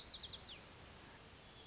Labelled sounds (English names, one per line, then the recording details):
White-crowned Sparrow
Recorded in Sonoma County, California